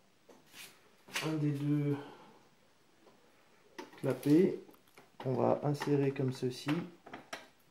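While closing a Minitel-based bartop, one side of the Minitel case's plastic shell is being inserted into its clip on the base as someone talks. Short, sharp handling sounds occur around 3.8 s and between 7.1 and 7.3 s, but nothing has seated or clicked yet.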